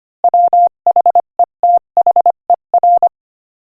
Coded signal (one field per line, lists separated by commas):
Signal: Morse code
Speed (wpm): 24 wpm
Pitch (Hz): 700 Hz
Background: none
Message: WHETHER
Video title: Morse Code Practice: 25 wpm Inspirational Quote 1